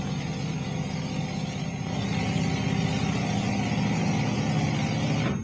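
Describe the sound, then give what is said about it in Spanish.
An airplane engine warming up, a steady low rumbling drone with a constant hum that swells slightly louder after a couple of seconds and holds evenly to the end, with no voices. “El motor de un avión. ¿Motor de un avión? Está mi piloto calentando el motor.”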